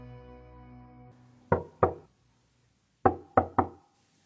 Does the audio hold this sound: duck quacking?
no